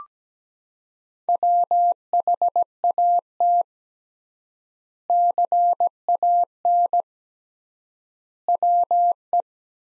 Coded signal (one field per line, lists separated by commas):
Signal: Morse code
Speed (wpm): 17 wpm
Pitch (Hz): 700 Hz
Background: none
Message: WHAT CAN WE